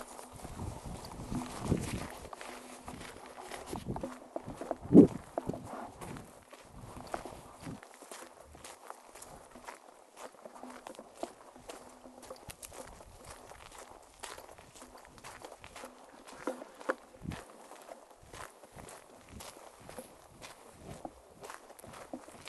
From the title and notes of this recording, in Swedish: Ljuden av älgjakt. Första promenaden, första uppackningen och förberedelserna man gör när man kommer till ett älgtorn.